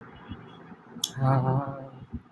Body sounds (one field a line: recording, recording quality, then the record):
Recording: sustained vowel as in beet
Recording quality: poor, much background noise or distortion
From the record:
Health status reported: healthy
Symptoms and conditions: none ticked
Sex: male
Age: 26 years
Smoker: not ticked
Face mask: not worn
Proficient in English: yes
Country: India